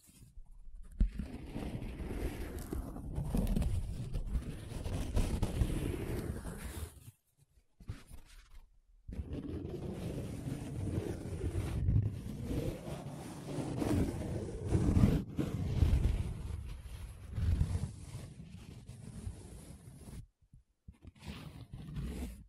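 Paper being rubbed and scratched in a steady, dense rustle that stays mostly low and grainy, with faint brighter scraping above. The sound breaks off completely around seven to nine seconds and again briefly near twenty seconds, then resumes with uneven swells of rubbing.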